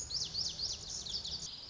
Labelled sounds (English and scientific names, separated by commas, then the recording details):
Lazuli Bunting (Passerina amoena)
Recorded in Sonoma County, California